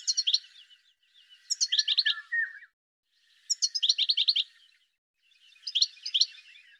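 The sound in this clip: Bird song: chattering phrases of rapid high chirps with a lower buzzy note, repeated about every two seconds.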